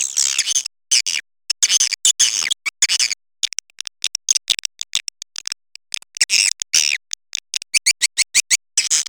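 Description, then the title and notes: Swiftlets utter rapid high twittering chirps in clipped bursts separated by sudden silent gaps. Swiftlet farming context, Asia. "Swiflet Bird Sound. Farming Swiflet Bird asia sound"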